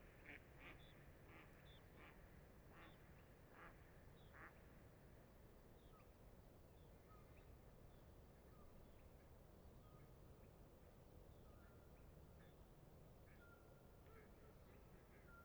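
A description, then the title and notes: Dawn at a lake, with ducks quacking in quick, repeated bursts through the first five seconds. After that, thin bird whistles and calls come and go. A steady low rumble, like wind or traffic, runs underneath the whole time. Little Pend Oreille National Wildlife Refuge, Bayley's Lake at dawn.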